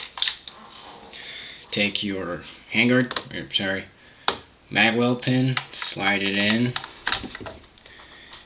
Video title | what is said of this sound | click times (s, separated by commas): JG G36K reassembly | push it until you hear that click | 0.2 s